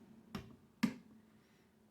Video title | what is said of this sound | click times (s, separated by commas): how to build a PC. | should hear small clicks do it with the next set | 0.3 s, 0.8 s